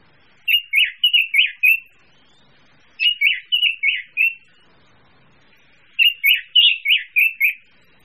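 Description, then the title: Bird song: bright chirping phrases of several quick notes, each burst lasting over a second and repeated every few seconds, with quiet gaps between. Mixed birds. "manuk campur"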